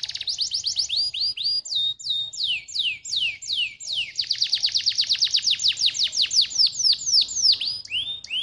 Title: Canto Para Esquentar Canário Belga. SUARA MASTERAN AMPUH BANYAK BURUNG KENARI CEPAT BUNYI GACOR DENGAN SUARA KENARI INI